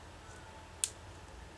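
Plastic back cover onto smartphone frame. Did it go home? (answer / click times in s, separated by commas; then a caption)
yes / 0.8 s. A plastic back cover is pressed around its edge onto the frame of a Samsung Galaxy S3 Mini i8190 smartphone to engage its clips. Over a quiet, steady background, a single sharp, bright click sounds at 0.8 seconds as a clip snaps home. The cover is properly seated.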